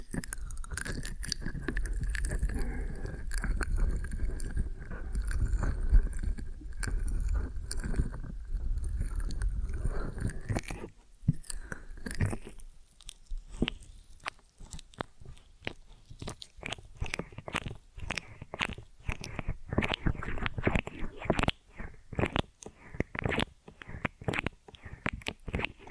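Ear and scalp massage: a steady rubbing hiss with a low whine for ten seconds, then quick, crisp scratching taps repeating irregularly.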